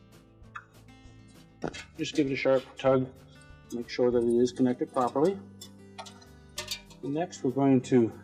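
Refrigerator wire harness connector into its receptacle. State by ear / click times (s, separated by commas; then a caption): seated / 0.6 s. A Whirlpool refrigerator wiring harness connector carrying the new bi-metal defrost thermostat is pushed, locking tab down, into its plastic receptacle at the back of the freezer and snaps and locks into place with a sharp click at 0.6 s. Someone then talks over faint background music while the connector is given a sharp tug to confirm it is connected properly.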